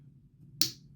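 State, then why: Seated. With the striker and extractor assemblies held depressed by a small screwdriver, the rear cover plate of a Glock pistol slide is pushed up onto the slide over a faint low background hum. A single sharp, bright snap sounds at 0.6 s as the cover plate locks in place.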